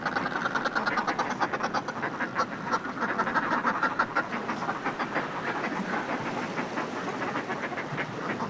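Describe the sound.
Northern fulmar cackling, a long run of rapid harsh guttural notes, about three a second, over steady rushing background noise.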